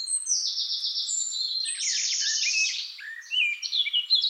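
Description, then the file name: Eurasian blackcap song, a continuous rapid warble of high, buzzy and twittering notes, with scratchy trills midway and sharper chattering phrases near the end. "Sylvia atricapilla"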